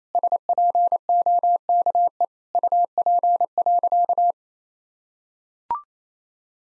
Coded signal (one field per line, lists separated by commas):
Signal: Morse code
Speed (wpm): 28 wpm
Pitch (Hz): 700 Hz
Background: none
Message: SPOKE UP.